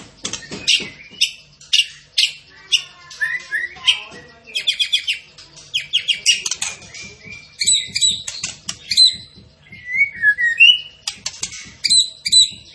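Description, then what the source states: Tembakan bird song made of rapid high chips and scratchy twitters, with occasional whistled slurs. Tembakan bird singing vigorously and constantly (gacor).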